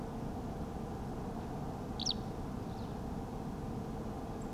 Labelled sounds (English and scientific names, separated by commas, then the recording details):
Eurasian Skylark (Alauda arvensis), Song Thrush (Turdus philomelos)
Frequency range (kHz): Eurasian Skylark (Alauda arvensis) 2.5-7.4 kHz; Song Thrush (Turdus philomelos) 7.3-10.7 kHz
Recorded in France